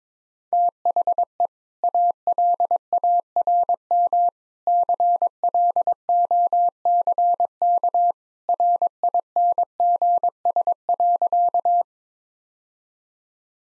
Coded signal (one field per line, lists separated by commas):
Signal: Morse code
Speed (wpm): 22 wpm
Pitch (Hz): 700 Hz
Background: none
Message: THE ALARM CLOCK RINGS.